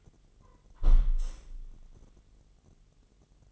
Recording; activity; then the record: daily activity, microphone in the room; close window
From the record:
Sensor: 4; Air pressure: 999.4 hPa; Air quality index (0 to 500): 140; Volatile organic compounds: 3 ppm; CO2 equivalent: 1380 ppm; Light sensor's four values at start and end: 27/67/27/30 and 26/65/27/29